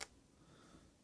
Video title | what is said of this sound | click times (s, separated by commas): pinnacle matrix boca bearing install | and you just press it right back in till it locks in place | 0.0 s